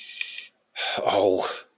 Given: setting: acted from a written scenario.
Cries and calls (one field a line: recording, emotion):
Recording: vocal sound without words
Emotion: guilt